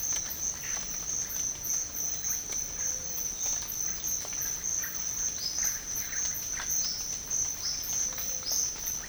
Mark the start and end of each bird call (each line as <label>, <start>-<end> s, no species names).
bird call, 5.32-5.82 s
bird call, 6.70-7.11 s
bird call, 7.49-7.90 s
bird call, 8.42-8.78 s